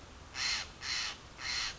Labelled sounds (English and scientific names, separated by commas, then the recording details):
Steller's Jay (Cyanocitta stelleri)
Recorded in Sonoma County, California